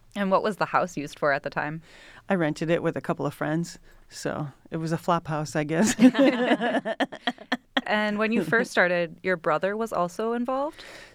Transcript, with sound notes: What was the house used for at the time?
I rented it with a couple of friends. It was a flop house, I guess. [LAUGHTER]
When you first started, your brother was also involved?